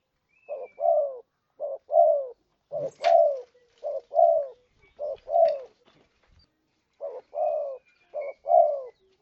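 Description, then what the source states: Spotted dove calls as repeated pairs of soft low coos, each short note followed by a fuller falling one, with a sharp click and faint thin whistles behind. Spotted dove calls used as a lure for catching birds.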